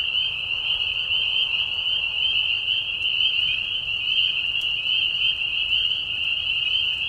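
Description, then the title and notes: Many spring peepers giving shrill whistled peeps, overlapping into one unbroken high-pitched trill with a quiet background. Mating call chorus in a marsh at night during a very short spring season, Tiny Marsh Conservation Area, Tiny, Ontario; high whistles at low volume. "Peeper frogs in the spring. This is a recording made of Peeper frogs in a marsh at night. This is a mating call that happens during a very short season in the Spring. Recorded at the Tiny Marsh Conservation area in Tiny, Ontario. Recorded by Anton Pickard. Music for Sleep project"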